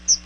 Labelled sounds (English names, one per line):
Chestnut-sided Warbler flight call